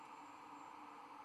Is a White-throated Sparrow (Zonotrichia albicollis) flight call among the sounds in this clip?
no